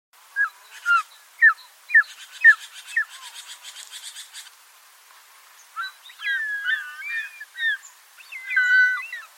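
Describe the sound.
Bird calls: a series of short downslurred whistled notes, a patch of buzzy chatter, then varied warbled phrases with clear tonal notes.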